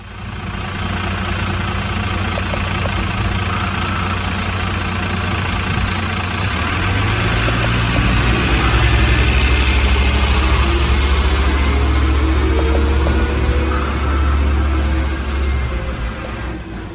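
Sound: bus engine running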